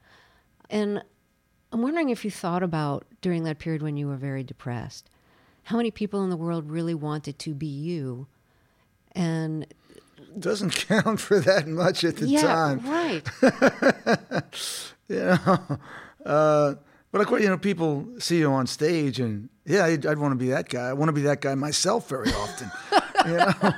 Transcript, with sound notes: And I'm wondering if you thought about, during that period when you were very depressed, how many people in the world really wanted to be you? And...
(Laughter) Doesn't count for that much at the time.
Yeah, right.
(Laughter) You know, but - you know, people see you on stage and yeah, I'd want to be that guy. I want to be that guy myself very often.